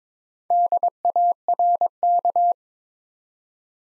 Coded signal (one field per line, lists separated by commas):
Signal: Morse code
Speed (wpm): 22 wpm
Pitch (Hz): 700 Hz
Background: none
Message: DARK